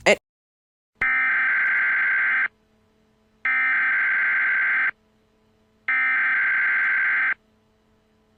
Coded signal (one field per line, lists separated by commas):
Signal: Emergency Alert System (SAME) tones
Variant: header bursts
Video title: Eas scenario 3: Sprunki